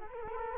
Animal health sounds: mosquito wingbeat signal from an infrared sensor; Culex quinquefasciatus

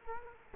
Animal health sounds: mosquito wingbeat signal from an infrared sensor; Culex quinquefasciatus

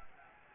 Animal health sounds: mosquito wingbeat signal from an infrared sensor; Anopheles gambiae

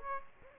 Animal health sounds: mosquito wingbeat signal from an infrared sensor; Aedes aegypti

